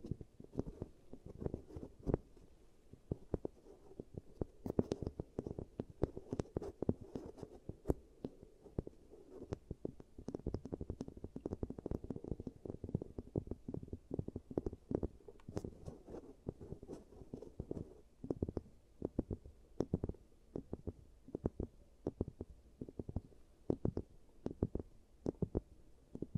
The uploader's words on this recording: Giant Teeth Treatment, Fixing Your Cavities. (No Talking).